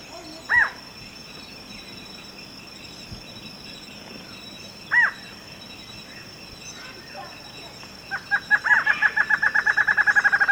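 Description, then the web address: Lined antshrike calls: two single sharp notes, then a quickening series of nasal notes that begins near the end, over a constant high hum. Ecuador. "Natures Songs S America Birds of Ecuador 25 Lined Antshrike"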